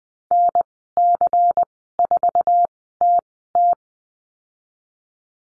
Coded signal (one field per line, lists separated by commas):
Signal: Morse code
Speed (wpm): 20 wpm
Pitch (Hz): 700 Hz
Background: none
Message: NC4TT